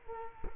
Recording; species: mosquito wingbeat signal from an infrared sensor; Culex quinquefasciatus